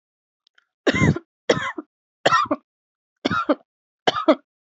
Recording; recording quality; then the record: heavy voluntary cough; excellent, no background noise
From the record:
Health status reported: healthy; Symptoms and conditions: none ticked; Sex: female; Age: 23 years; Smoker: not ticked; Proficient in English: yes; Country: India